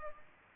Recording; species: mosquito wingbeat signal from an infrared sensor; Culex pipiens